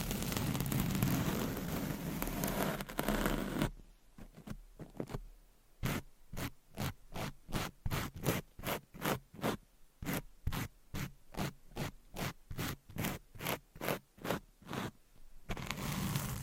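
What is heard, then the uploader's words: Scratching starts as a dense, steady rub for the first few seconds, then breaks into quick, regular strokes, roughly two or three per second with short gaps between them. Near the end the continuous rubbing returns. The strokes are crisp and bright. ASMR Scratching , Tapping & Massage with DIFFERENT Mics , Items & Nails No Talking.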